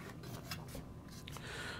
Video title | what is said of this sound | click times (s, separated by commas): IFIXIT PRO TECH TOOL KIT - VERSUS - THE WOWSTICK 1F+ | a piece just snaps right in there | 1.3 s